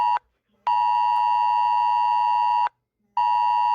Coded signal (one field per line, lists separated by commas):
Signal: Emergency Alert System (SAME) tones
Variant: 853 and 960 Hz attention tone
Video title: EAS Scenario Nightmarenado!